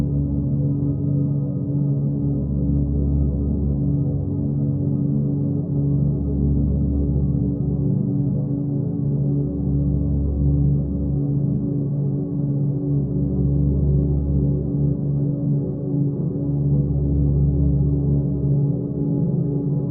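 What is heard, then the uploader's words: A steady 285 hz tone hums with deep, gong-like layered drones, slowly pulsing without pause, dark and low with nothing bright above. Solfeggio Frequencies - 285 hz.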